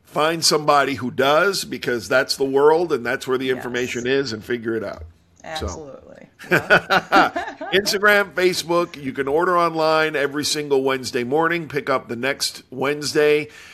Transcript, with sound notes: Find somebody who does, because that’s the world, and that’s where the information is, and figure it out.
Yes, absolutely. (laughing)
So, Instagram, Facebook, you can order online every single Wednesday morning, pick up the next Wednesday.